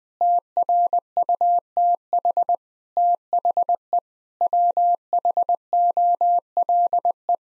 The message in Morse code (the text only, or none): TRUTH THE WHOLE